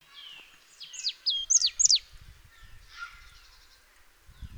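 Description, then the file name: Marsh tit calls, sharp high descending notes in a quick burst of several, ending in a fainter chatter; low rumbling noise underneath. "Poecile palustris"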